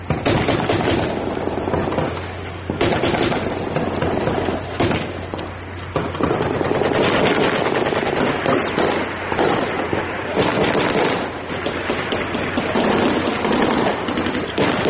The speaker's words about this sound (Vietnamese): Tiếng súng nổ mỗi lúc một dữ dội thêm, Huỳnh Mai nghe rõ cả tiếng thân sậy bị đứt gãy trong làn đạn.